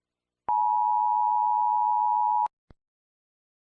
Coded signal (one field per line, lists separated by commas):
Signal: Emergency Alert System (SAME) tones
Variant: 853 and 960 Hz attention tone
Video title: EAS Scenario - A Second Opportunity (Part 5)